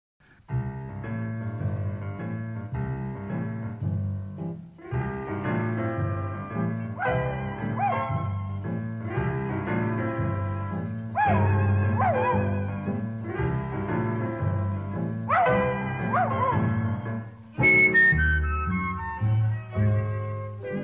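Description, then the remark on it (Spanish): A small dog with a toothache whimpers and cries in rising and falling yelps over a bouncy, steady musical accompaniment, the whines recurring in short bursts through the tune. “Al perrito le duele una muela.”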